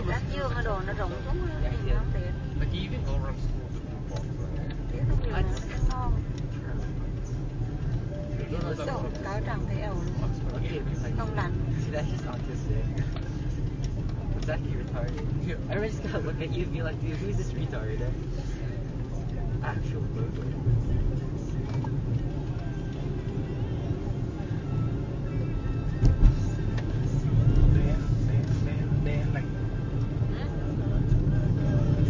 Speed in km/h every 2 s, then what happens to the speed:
29, 34, 34, 35, 39, 37, 35, 37, 39, 42, 45, 50, 52, 50, 50, 52.
0-8 speeds up to 39. 8-17 steady at about 37. 17-23 speeds up to 52. 23-32 steady at about 50.